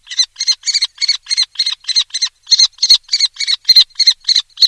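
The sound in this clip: Common Kestrel with an unbroken, rapid series of shrill, scratchy notes, evenly repeated throughout.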